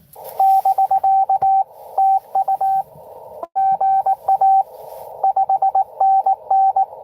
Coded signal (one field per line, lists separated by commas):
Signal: Morse code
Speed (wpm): 19 wpm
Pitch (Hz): 770 Hz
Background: radio noise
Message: <BK> TU GA 5NN